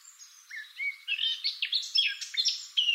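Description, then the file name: Eurasian blackcap warbling song of whistled and scratchy notes, quiet at first and then louder. "Sylvia atricapilla"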